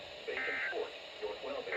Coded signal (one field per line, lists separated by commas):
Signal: Emergency Alert System (SAME) tones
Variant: end-of-message bursts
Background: speech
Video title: April Storms || EAS Alerts from 4/22/23 || EAS 900-922